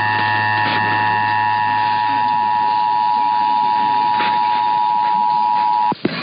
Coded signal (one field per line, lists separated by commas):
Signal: Emergency Alert System (SAME) tones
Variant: 853 and 960 Hz attention tone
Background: speech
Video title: One Manic Wednesday Tests Madness (EAS #10569-10616) 4/4-5/23